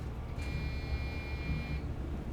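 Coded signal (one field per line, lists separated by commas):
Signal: beep code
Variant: PC system speaker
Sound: a single long steady high beep, about one and a half seconds, then rumble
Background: low background rumble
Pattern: 1 long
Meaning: Memory fault (bad stick of memory)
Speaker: if the memory was bad in which case this stick of memory is bad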